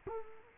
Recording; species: mosquito wingbeat signal from an infrared sensor; Culex quinquefasciatus